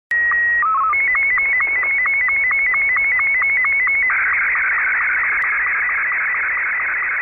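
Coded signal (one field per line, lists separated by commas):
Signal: SSTV (slow-scan television)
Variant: Martin 2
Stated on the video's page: Signal received in Manchester UK on 14.230 MHz alongside SSTV reception.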